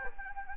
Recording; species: mosquito wingbeat signal from an infrared sensor; Anopheles gambiae